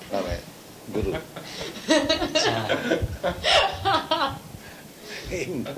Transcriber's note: laughter